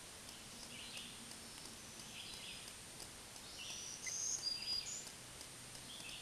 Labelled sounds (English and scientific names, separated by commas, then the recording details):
Black-throated Green Warbler (Setophaga virens) song
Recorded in a Pennsylvania forest on 1 June 2023 at 08:59
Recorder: AudioMoth, point grid3_34_high
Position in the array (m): 216 m, 140 m